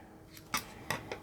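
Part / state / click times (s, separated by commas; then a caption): through-hole component into circuit board / seated / 0.5 s. A through-hole component sitting slightly proud of a charger circuit board is held down with a finger while its solder joint is reheated, and it clicks down flush against the board at 0.5 s once the solder melts. A faint tick comes at 0.4 s, and further sharp clicks follow at 0.9 s and 1.1 s. The component is seated.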